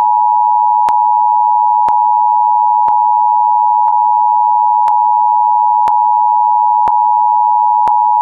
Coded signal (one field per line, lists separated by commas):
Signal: Emergency Alert System (SAME) tones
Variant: 853 and 960 Hz attention tone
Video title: EAS Mock: PDS Tornado Watch for NEPA